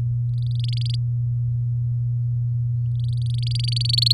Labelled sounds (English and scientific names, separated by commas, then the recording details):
Domestic Canary (Serinus canaria) song
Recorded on 4 May 2018 at 19:10
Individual llb16